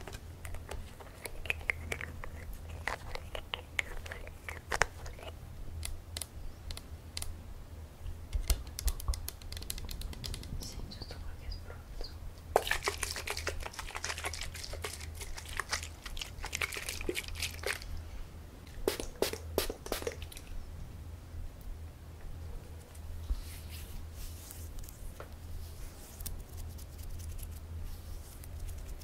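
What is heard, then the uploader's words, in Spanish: A scalp massage with hair being combed and scratched: dense, crackly scraping strokes come in bursts, busiest around 13 to 20 seconds with sharp bright clicks, then thin out. A steady low hum runs underneath throughout. Masaje Capilar - peinando y rascando el pelo.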